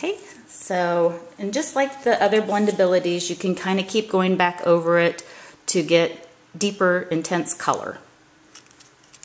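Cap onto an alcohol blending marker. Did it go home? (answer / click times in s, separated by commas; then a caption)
yes / 9.2 s. A plastic cap is pushed back onto an alcohol blending marker after coloring, snapping shut with a click at 9.2 s and seating the cap. Someone talks for most of the clip, then quieter handling sounds lead into the click.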